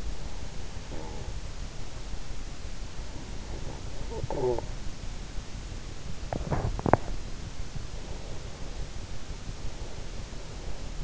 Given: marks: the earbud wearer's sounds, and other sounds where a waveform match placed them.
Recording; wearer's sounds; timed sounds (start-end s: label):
sounds in sleep by an in-ear microphone; breath, talking in sleep, teeth grinding
0.00-1.38 s: breath
4.26-4.71 s: talking in sleep
6.24-7.15 s: sound from someone else or the room
6.76-7.15 s: teeth grinding
7.99-8.97 s: breath
9.45-11.04 s: breath